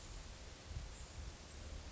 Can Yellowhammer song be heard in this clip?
no